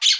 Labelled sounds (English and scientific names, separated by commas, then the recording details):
Brown-throated Parakeet (Eupsittula pertinax) contact call
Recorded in Aruba
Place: Cunucu Arikok, S side of Ceru Arikok
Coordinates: 12.502, -69.950